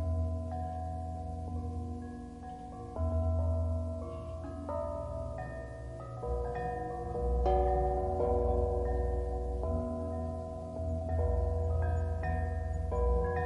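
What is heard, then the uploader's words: Bells ring in a slow, overlapping sequence, each strike landing every second or so and leaving long, ringing tones that blend into one another. Beneath them sits a steady, low rushing hiss with a deep hum that swells gently at times. Bells white noise, bell sounds of relaxation, calming bells white noise.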